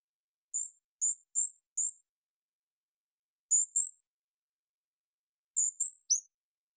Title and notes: GoldenCrowned Kinglet Calls. Golden-crowned Kinglet, Regulus satrapa, calls, parabolic single-species recording, processed for clarity, natural pace and rhythym maintained Recorded in the beautiful Pacific Northwest in Washington, Unister States